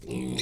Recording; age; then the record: pig call; weaner (32 to 43 days)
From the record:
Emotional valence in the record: negative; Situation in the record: short isolation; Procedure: open field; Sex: female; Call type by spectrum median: low-frequency call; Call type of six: mixed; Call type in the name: high-frequency modulated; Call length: 0.42 s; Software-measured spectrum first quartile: 248 Hz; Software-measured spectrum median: 1132 Hz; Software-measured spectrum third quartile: 4129 Hz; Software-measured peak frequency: 321 Hz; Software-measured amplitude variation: 127 dB a second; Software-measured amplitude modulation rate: 33.2 a second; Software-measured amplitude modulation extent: 3.8 dB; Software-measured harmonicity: 6.1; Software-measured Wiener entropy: -3.89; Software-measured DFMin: 1151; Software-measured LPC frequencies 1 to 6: 335, 2089, 2474, 3669, 4016, 5677 Hz